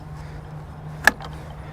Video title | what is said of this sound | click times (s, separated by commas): How to Use GMP eRodder | Be sure the battery clicks in place to ensure it's properly seated into the receiver. | 1.1 s